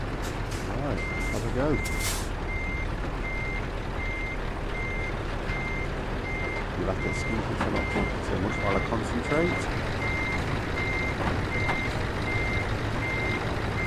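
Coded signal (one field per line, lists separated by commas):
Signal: none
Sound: truck reversing beeps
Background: speech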